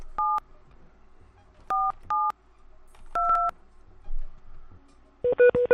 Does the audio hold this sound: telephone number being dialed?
yes